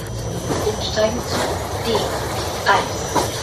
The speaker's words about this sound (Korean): 그날은 야속하게 오후까지 계속 비가 내렸습니다. 저는 트램을 타고 빈의 거리를 돌아보면서 빈에서 걸었던 거리를 다시 눈에 담는 시간을 가졌습니다.